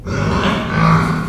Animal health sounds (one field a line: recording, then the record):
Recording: squeal of a Yucatan mini pig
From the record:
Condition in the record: after surgery on the right vocal fold (resection and tissue-engineered implant)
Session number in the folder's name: 16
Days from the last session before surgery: 183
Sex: female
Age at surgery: 19 weeks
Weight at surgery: 25 kg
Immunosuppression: prednisolone